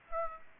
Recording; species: mosquito wingbeat signal from an infrared sensor; Aedes aegypti